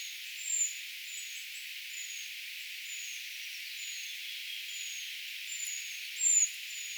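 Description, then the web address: Eurasian treecreeper calls: faint, high, thin falling notes in a loose series, two louder ones standing out, over a constant hiss. Brood of young calling, recorded 4 June 2025, identification tentative. "paivat 4 6 2025 tietaakseni puukiipijapesueen aantelya"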